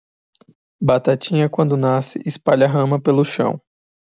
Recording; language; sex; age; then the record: short text; Brazilian Portuguese; male; 20 to 29 years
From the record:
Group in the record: control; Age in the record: 21 years